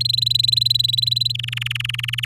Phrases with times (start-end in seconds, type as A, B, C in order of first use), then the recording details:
0.00-1.32 A, 1.34-2.25 B. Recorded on 11 May 2018 at 05:37. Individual llb16